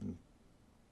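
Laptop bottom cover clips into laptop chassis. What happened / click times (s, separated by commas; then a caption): Handled, no clip has snapped in yet / none. Someone briefly talks while the plastic bottom cover of an Acer Predator Helios Neo 16 (PHN16-72-97Z5) laptop is handled before being pressed down around its edge to snap its retaining clips into the chassis. After the short low-pitched voice in the first 0.2 seconds, only a faint, steady low background remains. Nothing has seated or clicked yet.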